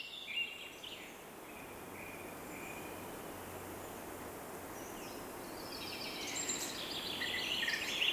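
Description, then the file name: Bird song, a brief chirpy phrase at the start, then a longer tangle of high twittering notes in the second half, over steady hiss. In the morning. "Deep Sleep Sleep Sound Library Body HI - Morning Bird Song"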